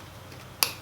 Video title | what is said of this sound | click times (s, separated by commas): How to replace silverado headlight bulb (2003-2006) | you want to push it in into you until you hear an audible click like | 0.6 s